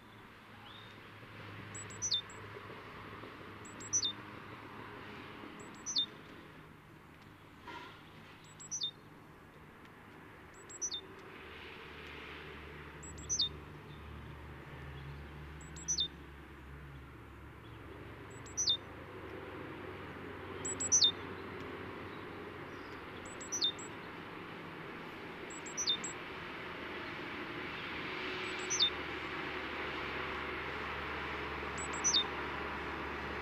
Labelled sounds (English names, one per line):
Great Tit song